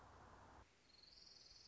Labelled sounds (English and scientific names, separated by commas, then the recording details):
Orange-crowned Warbler (Leiothlypis celata)
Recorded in Sonoma County, California